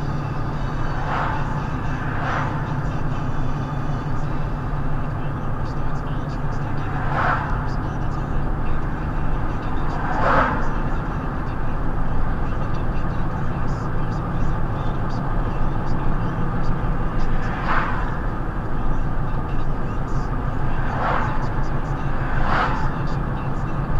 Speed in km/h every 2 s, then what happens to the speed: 53, 52, 52, 53, 55, 55, 56, 60, 60, 55, 55, 56.
0-5 steady at about 52. 5-15 speeds up to 60. 15-24 steady at about 55.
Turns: none.